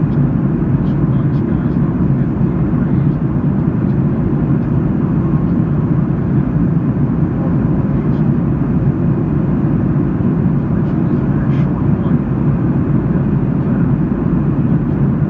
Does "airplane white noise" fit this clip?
yes